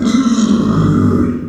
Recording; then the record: squeal of a Yucatan mini pig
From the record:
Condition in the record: after surgery on the right vocal fold (resection and tissue-engineered implant); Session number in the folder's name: 9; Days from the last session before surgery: 65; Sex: female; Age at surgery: 19 weeks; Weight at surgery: 25 kg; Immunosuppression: prednisolone